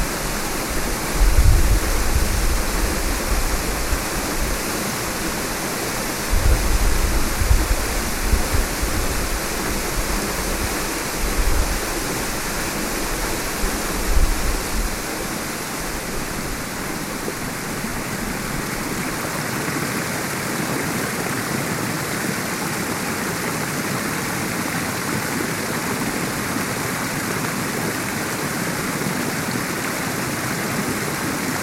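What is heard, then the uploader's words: A waterfall roars steadily, a dense, even rush of water spread from low to bright. In the first fifteen seconds several deep thumps and bumps stand out, around two, seven, eleven and fourteen seconds, then the rushing continues alone, smooth and unchanging. Eaton Canyon Waterfall Walk. Walking away from the waterfall at the head of Eaton Canyon on a sunny, quiet, wednesday.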